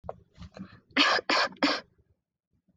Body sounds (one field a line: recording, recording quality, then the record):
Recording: shallow voluntary cough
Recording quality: excellent, no background noise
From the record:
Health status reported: COVID-19 positive, mild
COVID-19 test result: positive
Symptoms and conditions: fatigue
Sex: female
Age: 24 years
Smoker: not ticked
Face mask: not worn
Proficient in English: yes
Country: India